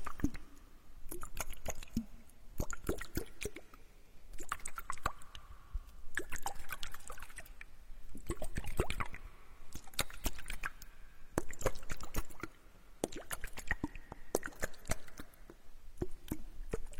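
Water sounds in an ear-picking spa session: quick wet clicks, drips and squishy crackles come in dense clusters, with short quieter gaps around 4, 6, 11 and 16 seconds. A soft, wavering trickle of flowing water runs underneath most of the time.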